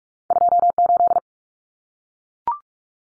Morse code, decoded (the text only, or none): 28